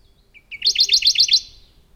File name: warbler-radde -Phylloscopus-schwarzi